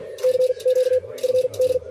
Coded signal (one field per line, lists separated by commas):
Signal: Morse code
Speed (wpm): 45 wpm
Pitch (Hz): 500 Hz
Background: none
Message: CQ FD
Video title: W7Q Field Day 2024